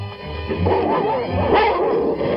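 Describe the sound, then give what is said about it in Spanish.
A dog barks and yips in a steady, continuous burst of mid-pitched, rough calls, with no clear pauses, loud and alone with no speech. “¡Suelta al perro! ¡Suelta al perro!”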